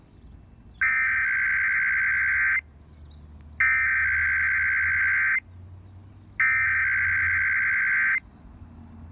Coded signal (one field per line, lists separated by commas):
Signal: Emergency Alert System (SAME) tones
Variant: header bursts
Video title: [EAS #38-39] San Francisco's Required Monthly Test on 106.9 FM KCBS and 102.1 FM KRBQ